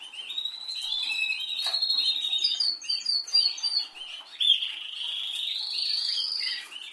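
Canary song: warbling high phrases and buzzy trills, with quick clipped notes in the middle and a long rising rolled trill near the end.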